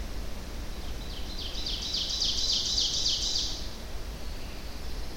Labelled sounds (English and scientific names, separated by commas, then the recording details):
Ovenbird (Seiurus aurocapilla) song
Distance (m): 35 m
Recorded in boreal forest in Alberta, Canada, on 25 June 2016 at 08:11
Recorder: SongMeter 3, array SBT-6-76
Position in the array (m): 298 m, 79 m
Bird 1